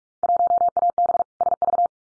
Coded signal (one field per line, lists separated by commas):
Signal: Morse code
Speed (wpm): 46 wpm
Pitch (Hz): 700 Hz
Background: none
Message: 1AB SV